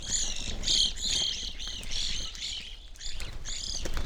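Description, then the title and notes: Evening grosbeaks calling in spaced bursts of bright, slurred chirps, a short quiet gap late on, then more calls, with low background rumble. Flock feeding on sunflower seeds at a feeder hanging from a birch in a backyard, McCloud, Siskiyou County, California; relatively warm winter morning; two microphones either side of the tree trunk. "I recorded this at my home in the small town of McCloud in Siskiyou County, California. It was a relatively warm winter morning, and a flock of Evening Grosbeaks was busily eating a breakfast of sunflower seeds from a feeder hanging from the branch of a birch tree in my backyard."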